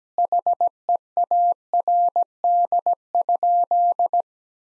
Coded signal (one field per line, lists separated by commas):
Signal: Morse code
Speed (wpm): 17 wpm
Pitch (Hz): 700 Hz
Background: none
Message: HEARD?